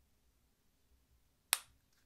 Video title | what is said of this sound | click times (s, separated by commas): How to take your wegovy pen. 💉💉Week 2. I lost 4lbs so far ☺️😊 #wegovy #semaglutide | two clicks is done wait a few seconds | 1.5 s